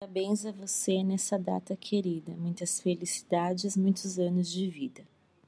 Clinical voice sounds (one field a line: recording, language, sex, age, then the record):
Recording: short text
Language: Brazilian Portuguese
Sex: female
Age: 40 to 49 years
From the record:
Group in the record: control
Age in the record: 44 years